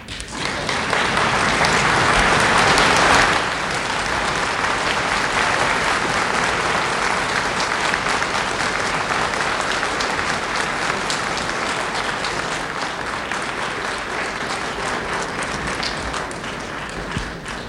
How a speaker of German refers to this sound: Herr Dr. Sternberger, wir danken Ihnen mit dem Beifall für die Klarstellung dieser drei Komponenten.